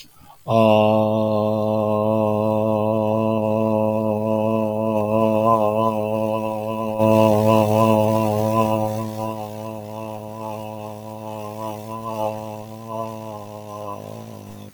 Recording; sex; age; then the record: vowel held as long as possible; male; 70 to 79 years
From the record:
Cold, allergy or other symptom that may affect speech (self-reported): no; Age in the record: 70 years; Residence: Indiana, United States